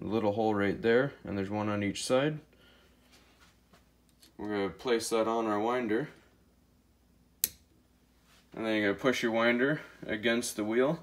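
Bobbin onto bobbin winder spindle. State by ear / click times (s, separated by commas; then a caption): seated / 7.4 s. A metal bobbin is placed onto the bobbin winder spindle of a Singer 99k sewing machine so the winder's tab goes into the hole on the bobbin. Someone talks before and after. In the quiet gap, the bobbin snaps into place with a single sharp click at 7.4 seconds, seated on the spindle.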